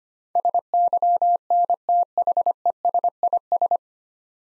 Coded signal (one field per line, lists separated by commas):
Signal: Morse code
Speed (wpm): 25 wpm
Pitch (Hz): 700 Hz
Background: none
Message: SYNTHESIS